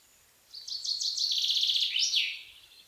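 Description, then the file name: Common chaffinch delivering one descending trill phrase finished by a quick upward-then-downward flourish, clear against a calm background. "pinsondesarbres"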